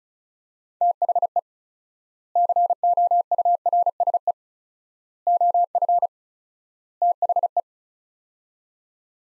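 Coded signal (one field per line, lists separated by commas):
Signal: Morse code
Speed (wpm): 36 wpm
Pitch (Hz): 700 Hz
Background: none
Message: THE COURSE OF THE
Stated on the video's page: Morse code practice sets of four words at 35 wpm with 4x word-spacing, a Farnsworth-like method applied to words.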